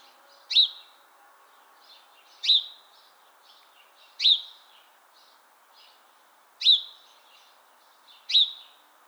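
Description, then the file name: House sparrow chirps, short sharp single notes repeated every two seconds or so, with faint softer chirps between and a low steady background hiss. "Passer domesticus"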